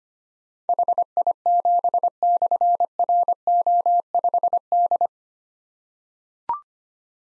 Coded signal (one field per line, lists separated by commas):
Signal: Morse code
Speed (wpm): 25 wpm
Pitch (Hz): 700 Hz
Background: none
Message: HI7/RO5D